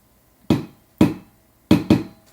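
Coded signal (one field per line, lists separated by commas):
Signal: tap code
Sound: four sharp knocks on a dish, two spaced apart, then two quicker ones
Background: small room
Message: G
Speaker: here's a food dish and he taps down on the left to down and then to across G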